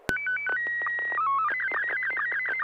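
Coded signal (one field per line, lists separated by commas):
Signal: SSTV (slow-scan television)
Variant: Scottie 1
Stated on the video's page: SSTV images exchanged in a weekly amateur net on an FM repeater at 441.300 MHz, sent with MMSSTV software.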